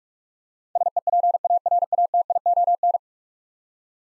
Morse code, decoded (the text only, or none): SEPARATION